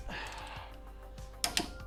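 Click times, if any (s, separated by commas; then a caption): 1.4 s, 1.6 s. A click-type torque wrench tightens a bolt on a truck until it reaches its set torque, with a steady tonal background underneath. Two sharp clicks at 1.4 s and 1.6 s show the wrench releasing at its setting, confirming the bolt is torqued.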